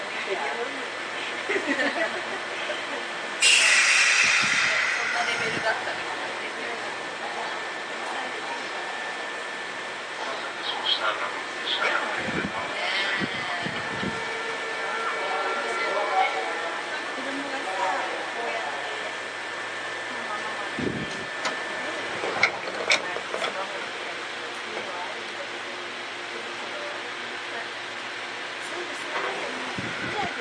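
Ride aboard a Sotetsu 7000 series train between Yokohama and Yamato, with a steady rumble and hum filling the whole half minute. A burst of hissing noise rises near the five-second mark, a faint steady tone runs through the middle, and scattered voices, clicks and knocks come and go.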